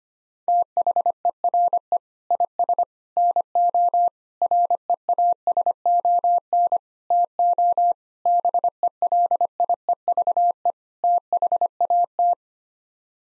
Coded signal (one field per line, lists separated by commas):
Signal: Morse code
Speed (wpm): 25 wpm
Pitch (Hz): 700 Hz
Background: none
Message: THERE IS NO REASON TO BELIEVE THAT